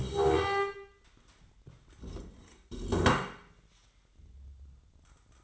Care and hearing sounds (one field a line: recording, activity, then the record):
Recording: daily activity, microphone in the room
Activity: stand up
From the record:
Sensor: 3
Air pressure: 1012.3 hPa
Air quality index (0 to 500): 174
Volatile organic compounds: 3 ppm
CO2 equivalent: 1336 ppm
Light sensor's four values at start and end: 51/133/58/61 and 93/197/100/112